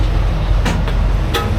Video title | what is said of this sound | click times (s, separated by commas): PIN PULLER STRIKES AGAIN!! A TUG TEST COULD HAVE PREVENTED THIS!! | you guys just hear it lock in | 1.3 s